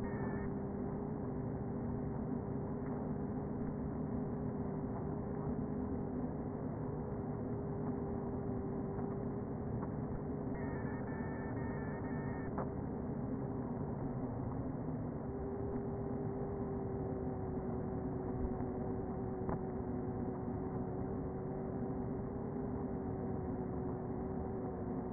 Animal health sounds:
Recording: honeybee colony, microphone inside the hive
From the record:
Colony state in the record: queen present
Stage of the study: before two queens were removed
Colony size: about 60,000 bees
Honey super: yes

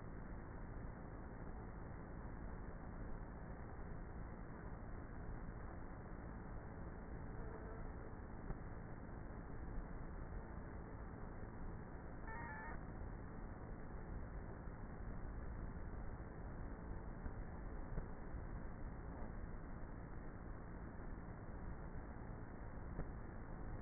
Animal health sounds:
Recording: honeybee colony, microphone inside the hive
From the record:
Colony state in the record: queenless with a low population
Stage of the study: before two queens were removed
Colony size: about 30,000 bees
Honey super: no

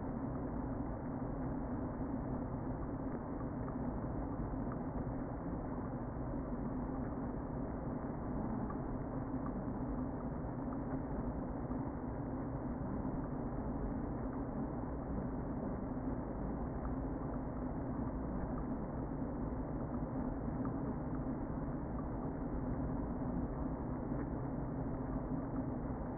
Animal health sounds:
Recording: honeybee colony, microphone inside the hive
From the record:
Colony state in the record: queen present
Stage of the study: before two queens were removed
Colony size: about 60,000 bees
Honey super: yes

